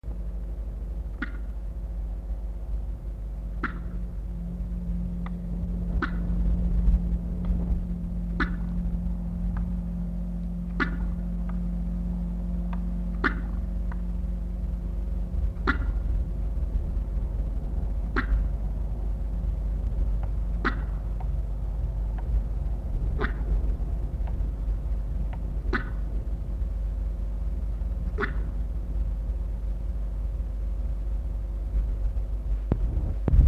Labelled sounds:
Black Wildebeest call
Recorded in captivity
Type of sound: call sequence
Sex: male
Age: adult
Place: Tierpark Berlin, Berlin, DE
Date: 1964-03-07 14:00
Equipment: Minifon, Kopie BG 26/1
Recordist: Tembrock, Günter
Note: Rufreihe, nach erstem Laut eingeschaltet. Abstand: ca. 15 m. Aufnahmezeit: 14.00 bis 17.00 Uhr

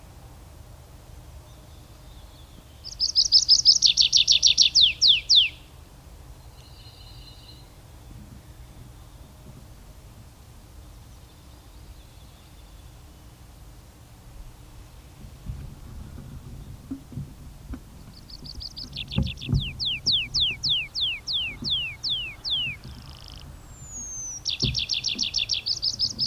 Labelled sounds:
Tree Pipit song
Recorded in the wild
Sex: male
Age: adult
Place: Schloß Holte-Stukenbrock, Senne, Nordrhein-Westfalen, DE
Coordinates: 51.8711, 8.6625
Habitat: farm
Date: 1972-05-01
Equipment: Uher 4200 Report Stereo, Bändchenmikro Beyer M 260, Parabolspiegel Polyester (600 mm)
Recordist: Conrads, Klaus
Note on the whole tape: Hof Dirks (Furlbach-Gebiet). Männchen: Gesang

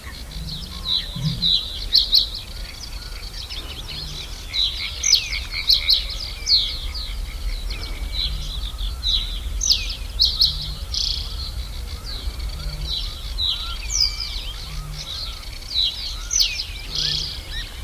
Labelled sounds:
Reed Bunting
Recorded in the wild
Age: adult
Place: Illmitz, Neusiedler See, AT
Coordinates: 47.7678, 16.7803
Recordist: Brunner, Thomas
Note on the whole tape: Aufnahme: 2000-2002, Illmitz, Burgenland

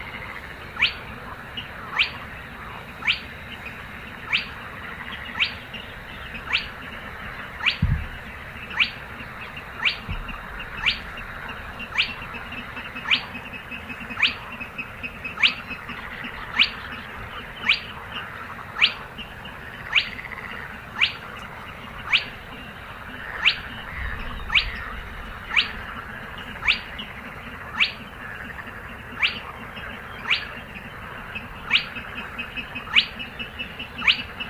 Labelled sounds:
Spotted Crake song
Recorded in the wild
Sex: male
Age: adult
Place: Kützerhof, Kummerower See, Mecklenburg-Vorpommern, DE
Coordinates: 53.8539, 12.8664
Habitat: wetland
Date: 2009-05-28
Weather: bedeckt, schwacher Wind aus West, ca. 10°C
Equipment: Sound Devices 702, Sennheiser MKH 70, Rycote Windschutz
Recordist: Frommolt, Karl-Heinz
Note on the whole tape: Große Rosin: Rureihen einer Tüpfelralle. Entfernung ca. 20 m

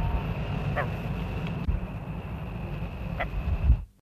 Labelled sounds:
Red-knobbed Coot call
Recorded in the wild
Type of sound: call
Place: Südwestafrika
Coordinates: -23, 17
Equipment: Halbspur, 9,5 cm/s
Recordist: Lütgens, Hans
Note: Südwestafrika. Keine näheren Angaben

